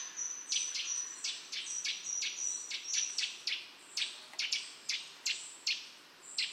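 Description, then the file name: Eurasian nuthatch calling in a quick run of short, sharp notes, over a thin, steady high-pitched tone in the first half. "Sitta europaea"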